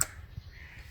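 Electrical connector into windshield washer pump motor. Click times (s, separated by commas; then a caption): 0.0 s. An electrical connector is lined up by its tab with the slot on the windshield washer pump motor housing of a Kia Sportage and pushed in. A sharp click comes at 0.0 s, followed by quiet low-frequency rumble. The connector seats securely in place.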